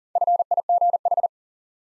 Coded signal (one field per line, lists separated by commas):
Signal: Morse code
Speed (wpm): 40 wpm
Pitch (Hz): 700 Hz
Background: none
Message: FIGH